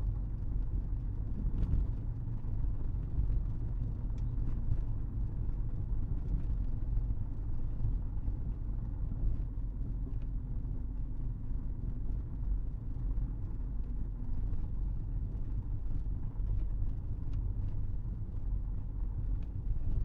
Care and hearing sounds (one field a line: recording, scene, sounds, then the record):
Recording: everyday scene through a hearing-aid microphone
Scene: in a vehicle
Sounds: engine, rumble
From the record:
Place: Berlingo II, diesel engine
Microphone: behind the ear, right, front